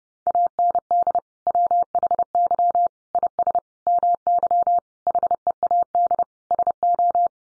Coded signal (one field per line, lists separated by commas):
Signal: Morse code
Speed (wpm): 30 wpm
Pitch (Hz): 700 Hz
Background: none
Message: AND WHY IS MY HEAD SO